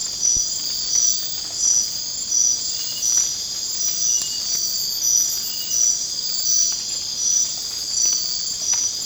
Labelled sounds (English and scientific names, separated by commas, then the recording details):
none
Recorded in secondary vegetation near Puerto Asís, Putumayo, Colombia, on 27 June 2025 at 00:30
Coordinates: 0.484, -76.319
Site G074